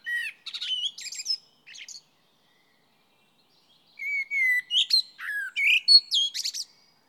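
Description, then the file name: Common blackbird song: two phrases, each opening with low fluted whistles and ending in high, scratchy twittering, separated by a two-second pause. "Turdus merula"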